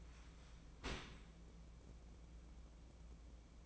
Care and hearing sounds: daily activity, microphone in the room; open dishwasher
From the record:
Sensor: 1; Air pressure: 1012.4 hPa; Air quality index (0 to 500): 166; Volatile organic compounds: 3 ppm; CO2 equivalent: 1362 ppm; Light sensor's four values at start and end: 576/1245/577/631 and 574/1241/575/629

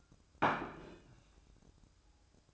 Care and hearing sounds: daily activity, microphone in the room; place plate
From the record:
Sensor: 2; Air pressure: 1007.4 hPa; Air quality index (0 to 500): 42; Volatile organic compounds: 1 ppm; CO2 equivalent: 547 ppm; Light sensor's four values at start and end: 7/17/7/7 and 7/17/7/7

